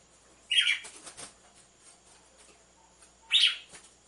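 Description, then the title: Red-cowled cardinal giving two short, harsh chip notes about three seconds apart, with faint sharp clicks scattered between them. Female red-cowled cardinal song used to warm up males, with a beat of two males. "Canto Galo Campina Fêmea 01. ESQUENTE GALO DE CAMPINA COM BATIDA DE DOIS MACHOS"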